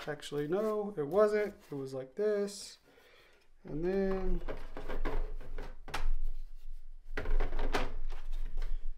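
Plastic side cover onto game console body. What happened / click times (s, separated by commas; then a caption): The plastic cover is being handled but has not yet snapped home / none. Someone talks while handling the plastic side cover panel of a PS5 game console, lining it up to slide back onto the console body. Short knocks and taps are heard around 5.1, 6.0, 7.2, 7.6 and 7.8 seconds. Nothing has seated or clicked yet.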